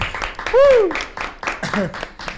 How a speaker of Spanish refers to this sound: Sí, sí, de Puente del Arzobispo directamente, y quiero que recibamos con un aplauso aquí en Petit Comité, en el estudio número 2 de Oír Radio